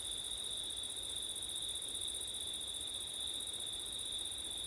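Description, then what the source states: Cricket chorus, an even, ringing high-pitched trill held without pause, with soft wind noise underneath. Several crickets singing on a windy September night.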